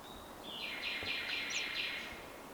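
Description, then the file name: Common nightingale song: a rapid series of about five pulsed notes, faint against steady background noise. "Luscinia megarhynchos"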